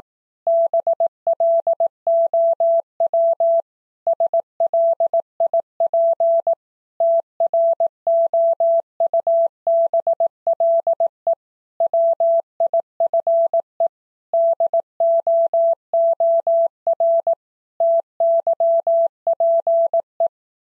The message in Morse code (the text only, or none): BLOW SLIP TROUBLE WIFE DOOR TYPE